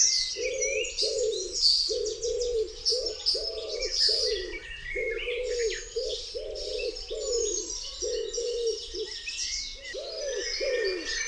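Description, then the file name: Common wood pigeon giving a steady series of muffled low coos, roughly two each second, while songbirds trill and whistle. "grzywacz"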